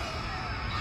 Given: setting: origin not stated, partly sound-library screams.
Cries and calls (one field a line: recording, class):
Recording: one-second piece from a danger detection set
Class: woman in danger